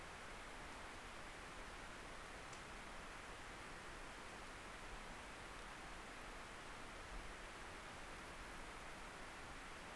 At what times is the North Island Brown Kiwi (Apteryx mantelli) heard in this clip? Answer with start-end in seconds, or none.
none